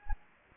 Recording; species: mosquito wingbeat signal from an infrared sensor; Anopheles gambiae